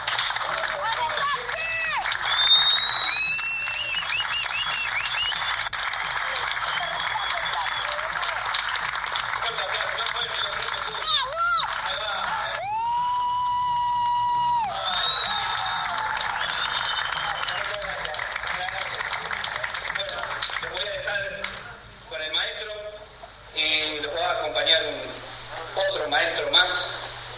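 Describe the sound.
A crowd at an open-air drum clinic in a plaza applauds and cheers loudly in a dense, sustained wash of clapping, with a brief high tone cutting through midway; the noise thins out near the end as scattered voices take over.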